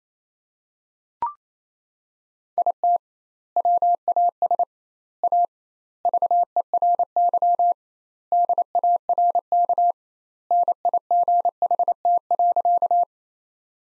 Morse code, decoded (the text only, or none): IT WAS A VERY DARK NIGHT.